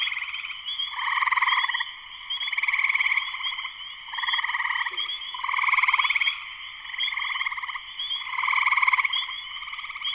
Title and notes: Spring peepers (chorus frogs) in concert. Spring peepers (chorus frogs) in full chorus shortly after sunset in the Sleeping Bear Dunes National Lakeshore in northern Michigan, USA. Recorded by Darrin Wassom. Music for Sleep